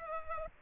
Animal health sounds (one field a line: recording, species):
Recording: mosquito wingbeat signal from an infrared sensor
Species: Culex pipiens